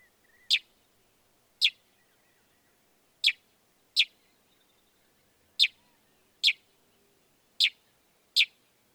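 Northern mockingbird sharp calls: eight single short harsh chips at irregular intervals.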